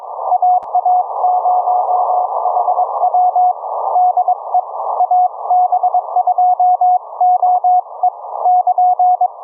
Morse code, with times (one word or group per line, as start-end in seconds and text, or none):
0.3-3.5 AA0HW
4.0-4.6 DE
5.0-8.1 AB2OE
8.5-9.3 <KN>